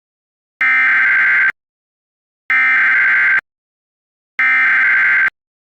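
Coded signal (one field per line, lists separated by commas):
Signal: Emergency Alert System (SAME) tones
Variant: header bursts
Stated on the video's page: Fictional EAS scenario, simulated alert.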